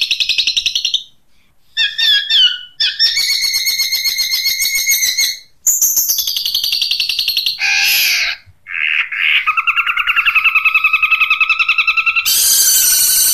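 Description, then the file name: Long-tailed shrike singing a varied phrase: long buzzy trills, wavering whistled notes at several pitches and abrupt switches between high harsh and lower rolling sounds. Long-tailed shrike singing in the "Kuntilanak" song style. "Suara Cendet Kuntilanak"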